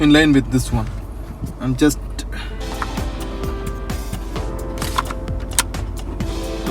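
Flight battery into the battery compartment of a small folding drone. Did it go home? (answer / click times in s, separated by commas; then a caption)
yes / 5.6 s. Someone talks while lining up the pins of a plastic flight battery with the battery compartment of a small folding DJI Mavic Mini drone and pushing it in, with music playing underneath and a few light knocks and scrapes. The battery clicks home at 5.6 s with a sharp, loud snap, seating fully in the compartment.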